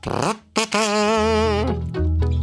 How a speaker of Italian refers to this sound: Il kazoo è un tubicino con un foro centrale, chiuso da una membrana che vibra quando ci si parla dentro. Pare che sia nato per imitare i versi degli animali, però di fatto il suono che ne esce sembra una pernacchia.